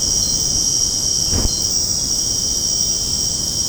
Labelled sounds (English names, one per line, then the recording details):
none
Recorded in secondary vegetation near Puerto Asís, Putumayo, Colombia, on 19 February 2024 at 23:30
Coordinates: 0.489, -76.322
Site G6419